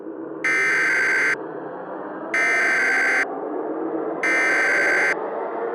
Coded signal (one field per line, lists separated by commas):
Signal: Emergency Alert System (SAME) tones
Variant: header bursts